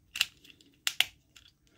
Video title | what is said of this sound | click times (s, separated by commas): Patriot Prime Reviews Studio Series 80 Brawn | that's pegged in you'll hear it snap into place so you've got that look going on | 0.9 s, 1.0 s